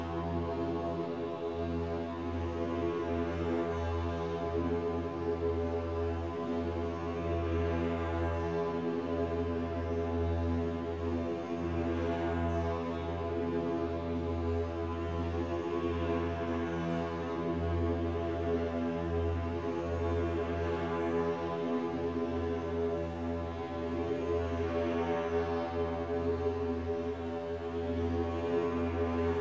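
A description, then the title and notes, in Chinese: A harp bed, an instrument strung with 55 piano strings, sounds a dense, sustained drone of many ringing strings layered together. A deep, heavy low tone holds steady throughout, while brighter overtones shimmer and swell in slow waves, with no distinct separate events. 琴床的聲音。有著55根鋼琴弦的樂器。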